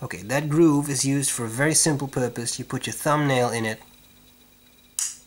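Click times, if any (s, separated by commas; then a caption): 5.0 s. A folding pocket knife is opened with its thumbnail groove until the steel blade locks open into the handle lock. Someone talks for most of the clip, then after a quiet pause a single sharp click is heard at 5.0 s. The blade is locked open and seated.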